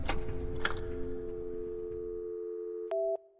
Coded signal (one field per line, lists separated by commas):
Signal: telephone call progress tone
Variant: North America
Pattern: dial tone